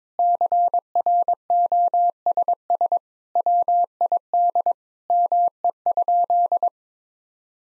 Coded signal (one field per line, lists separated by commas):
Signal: Morse code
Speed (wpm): 22 wpm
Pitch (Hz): 700 Hz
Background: none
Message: CROSS WID ME?